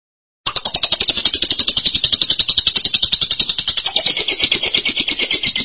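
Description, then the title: Lovebird chattering trill, a long rapid high-pitched pulsed chatter running unbroken for about five seconds. "BM Suara Burung Lovebird"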